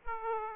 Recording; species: mosquito wingbeat signal from an infrared sensor; Aedes aegypti